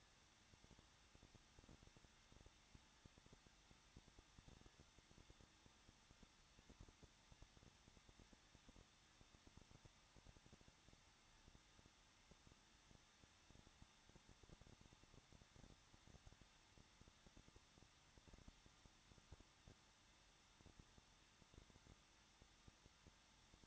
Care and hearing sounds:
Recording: daily activity, microphone in the room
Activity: no activity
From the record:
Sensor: 3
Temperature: 21.2 degrees Celsius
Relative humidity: 36.3%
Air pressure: 1006.3 hPa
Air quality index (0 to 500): 222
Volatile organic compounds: 42 ppm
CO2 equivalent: 3176 ppm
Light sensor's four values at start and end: 2/3/2/2 and 2/3/2/2

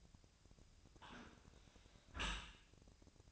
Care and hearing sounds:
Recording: daily activity, microphone in the room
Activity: close dishwasher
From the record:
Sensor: 2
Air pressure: 1003.0 hPa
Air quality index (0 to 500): 198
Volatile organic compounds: 6 ppm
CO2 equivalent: 1880 ppm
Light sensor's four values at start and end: 23/56/25/27 and 24/57/25/27

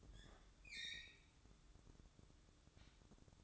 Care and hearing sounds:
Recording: daily activity, microphone in the room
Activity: open fridge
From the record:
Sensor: 3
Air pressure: 1007.7 hPa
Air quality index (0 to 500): 66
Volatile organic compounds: 1 ppm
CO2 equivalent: 628 ppm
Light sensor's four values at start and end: 13/30/13/13 and 13/30/13/13

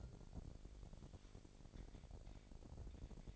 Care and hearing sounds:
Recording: daily activity, microphone in the room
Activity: take from stove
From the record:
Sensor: 5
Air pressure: 1012.1 hPa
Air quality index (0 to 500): 236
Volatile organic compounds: 4 ppm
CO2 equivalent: 1564 ppm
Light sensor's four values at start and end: 49/109/47/51 and 49/113/48/51

